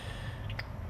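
A plastic electrical plug connector, damaged with its heat-shrink sleeve come off, is pushed into its mating socket. A faint, brief click at 0.6 s marks it seating, just audible over a steady low hum, with a softer tick just before it at 0.5 s. The connector is seated.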